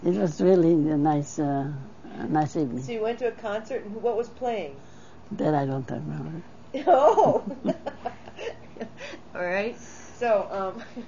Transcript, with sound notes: It was really nice, ah, nice evening.
So you went to a concert. What was playing?
That I don't remember.
(laughing) Oh. All right. So um,